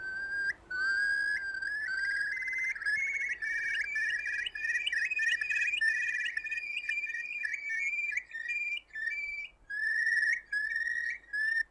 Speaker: Can you imagine a summer out in a moorland without the cry of the curlew?